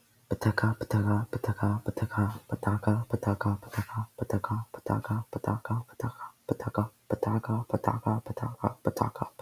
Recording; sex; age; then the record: repeated syllables /pa ta ka/; male; 20 to 29 years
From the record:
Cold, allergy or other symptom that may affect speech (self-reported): no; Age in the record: 21 years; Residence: North Carolina, United States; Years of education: 16